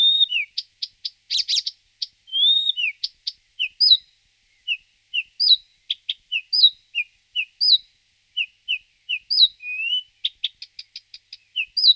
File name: Rakosnik pokrovni Acrocephalus dumetorum